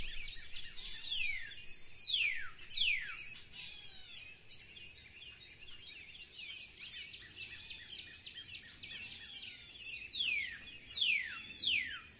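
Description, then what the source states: Bird calls: clear high whistled notes sweeping steeply downward in short series, over dense chirps and trills that run throughout. Recorded in spring.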